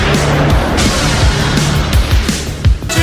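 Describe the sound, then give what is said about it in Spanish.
A metro train pulls away with a loud, steady rumble and low motor drone, a broad roar of wheels and machinery, and a brief high-pitched hiss near the end. No voices. “El metro está próximo a partir.”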